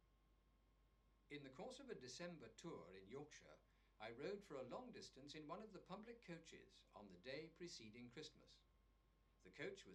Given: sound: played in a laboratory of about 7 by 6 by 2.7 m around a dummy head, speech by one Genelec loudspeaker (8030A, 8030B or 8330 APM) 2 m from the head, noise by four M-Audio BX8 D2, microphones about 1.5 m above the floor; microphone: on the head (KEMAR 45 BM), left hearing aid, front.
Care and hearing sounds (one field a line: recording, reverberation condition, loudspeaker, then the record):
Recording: male speech in English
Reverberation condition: low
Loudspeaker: 30 degrees to the left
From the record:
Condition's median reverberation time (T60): about 310 ms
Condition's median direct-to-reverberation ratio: about 3.5 dB